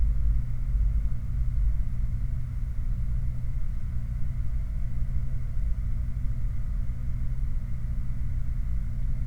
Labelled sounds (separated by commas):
machinery, flare stack